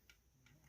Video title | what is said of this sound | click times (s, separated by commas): Transformers Review: Transform Dream Wave TCW-08 upgrade kit for Abomius (POTP Terrorcon combiner) | come to the head and extend his neck till it clicks, and | 0.1 s